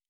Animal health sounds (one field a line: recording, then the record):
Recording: hydrophone in a shrimp aquaculture tank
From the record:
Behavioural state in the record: normal